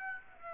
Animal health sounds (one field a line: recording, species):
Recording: mosquito wingbeat signal from an infrared sensor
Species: Aedes aegypti